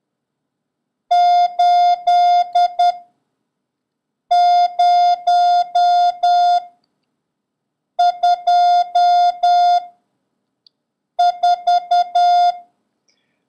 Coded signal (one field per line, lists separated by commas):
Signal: Morse code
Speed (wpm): 10 wpm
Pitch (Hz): 710 Hz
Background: none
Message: 8024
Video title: International Morse Code: Lesson 8